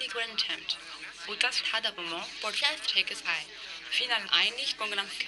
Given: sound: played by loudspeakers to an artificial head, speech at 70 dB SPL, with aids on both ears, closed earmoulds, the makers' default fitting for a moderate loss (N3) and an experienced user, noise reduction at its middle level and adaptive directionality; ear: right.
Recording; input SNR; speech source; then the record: speech test signal (ISTS) in cocktail-party noise; +6 dB; on the right (90 degrees)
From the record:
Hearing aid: class 2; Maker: B